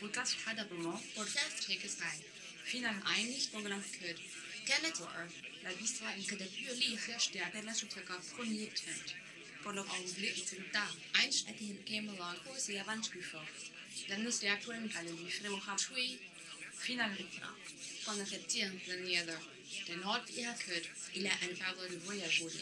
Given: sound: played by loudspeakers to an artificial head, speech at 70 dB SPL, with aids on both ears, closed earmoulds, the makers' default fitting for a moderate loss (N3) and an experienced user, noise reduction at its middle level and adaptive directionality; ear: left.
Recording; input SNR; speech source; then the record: speech test signal (ISTS) in cocktail-party noise; +9 dB; on the right (90 degrees)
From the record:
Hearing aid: class 1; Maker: J